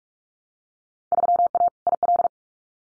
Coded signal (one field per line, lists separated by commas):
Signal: Morse code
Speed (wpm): 46 wpm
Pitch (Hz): 700 Hz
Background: none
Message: 3A IL